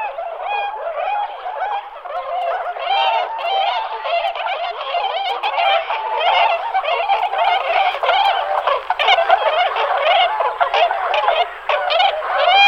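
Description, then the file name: Tundra swans giving a dense chorus of honking, bugling calls from many birds at once, overlapping and ringing with harmonics. "labuť-malá"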